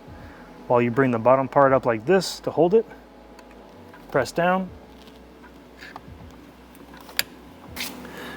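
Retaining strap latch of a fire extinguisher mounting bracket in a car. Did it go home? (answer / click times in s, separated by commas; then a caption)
yes / 7.2 s. Someone talks while the retaining strap of a BMW OEM fire extinguisher mounting bracket in an E9X/F8X car is closed: the top part of the strap is hooked over the extinguisher, and the bottom part is pulled up and pressed down. After a quiet stretch, a sharp little click is heard at 7.2 s as the strap latch snaps shut. The extinguisher is secured in place.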